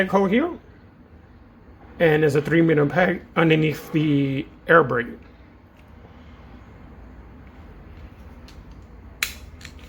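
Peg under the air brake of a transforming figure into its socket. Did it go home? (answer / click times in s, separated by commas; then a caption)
yes / 9.2 s. Someone talks, then a plastic peg under the air brake of a transforming figure is pushed into its socket. A sharp snap is heard at 9.2 s, and the peg seats together.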